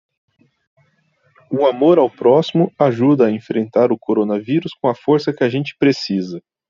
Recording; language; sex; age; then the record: spoken sentence; Brazilian Portuguese; male; 30 to 39 years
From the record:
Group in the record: control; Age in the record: 33 years